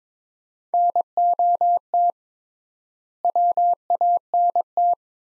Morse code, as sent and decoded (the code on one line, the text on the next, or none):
-. --- - / .-- .- -. -
NOT WANT